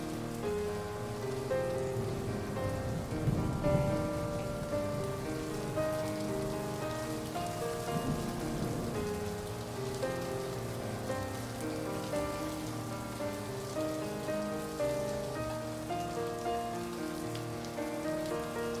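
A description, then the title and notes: Steady pouring rain hisses beneath soft sustained music with gentle held tones, the mix staying even throughout without clear thunder. THUNDER, Pouring RAIN and MUSIC. Relax with the sound of thunder and rain accompanied by music.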